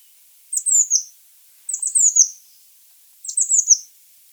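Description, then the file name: Eurasian blue tit calls, very high thin notes falling in short bursts, three bursts spaced about one and a half seconds apart. "Cyanistes caeruleus"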